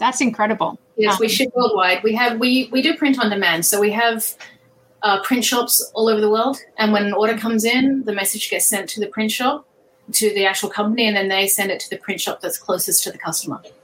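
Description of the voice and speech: A woman speaks fluently and clearly, explaining worldwide print-on-demand shipping in a small room.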